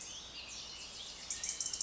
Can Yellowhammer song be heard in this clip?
no